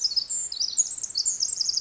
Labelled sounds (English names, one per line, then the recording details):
Pacific Wren
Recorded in Sonoma County, California